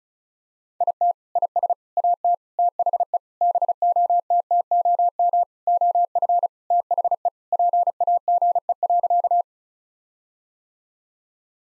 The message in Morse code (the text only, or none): IT IS AT THE BOTTOM OF THE PAGE.